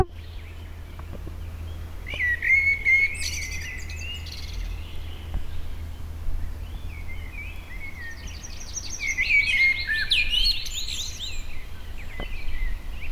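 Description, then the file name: Common blackbird with two separated song phrases, warbled notes ending in rapid high-pitched twittering, with quiet gaps between and a continuous low hum. "Turdus merula"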